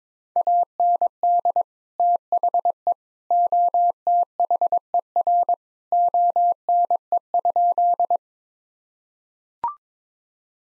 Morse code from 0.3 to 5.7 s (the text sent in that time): AND THE OTHER